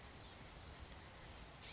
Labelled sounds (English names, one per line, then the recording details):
Blue-gray Gnatcatcher
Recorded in Sonoma County, California